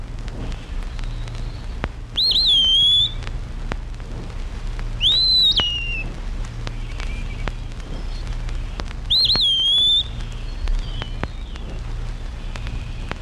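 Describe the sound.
Eastern Wood-Pewee song, three clear slurred whistles given several seconds apart over a faint hum.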